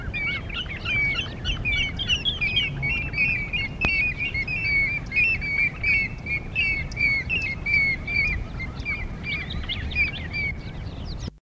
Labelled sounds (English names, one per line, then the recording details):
African Gray Hornbill call
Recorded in the wild
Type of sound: call
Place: Maun, BW
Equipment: Halbspur, 9,5 cm/s
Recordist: Lütgens, Hans
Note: Rufe